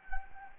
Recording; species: mosquito wingbeat signal from an infrared sensor; Anopheles gambiae